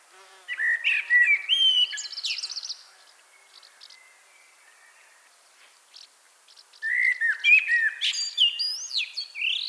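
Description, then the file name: Common blackbird song: a rich, warbling whistled phrase with a high twittering tail, silence for several seconds, then another melodious phrase ending in squeaky notes. "Turdus merula"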